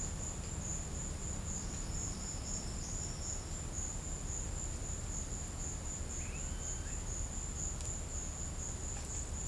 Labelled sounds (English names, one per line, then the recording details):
none
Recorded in secondary vegetation near Puerto Asís, Putumayo, Colombia, on 21 December 2024 at 13:00
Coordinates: 0.499, -76.323
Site G010